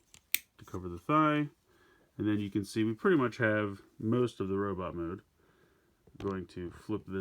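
A plastic leg armor panel on a Toei Spider-Man Super Minipla Leopardon transforming toy robot is unhooked and brought down over the thigh, repeating the same move made on the other side. It snaps into place with a sharp click at 0.3 s, so the panel is seated, and someone talks throughout.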